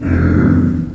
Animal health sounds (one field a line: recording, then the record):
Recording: squeal of a Yucatan mini pig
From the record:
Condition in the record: after surgery on the right vocal fold (resection and tissue-engineered implant)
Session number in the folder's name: 7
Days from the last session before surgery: 47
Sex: female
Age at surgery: 19 weeks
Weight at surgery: 25 kg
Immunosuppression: prednisolone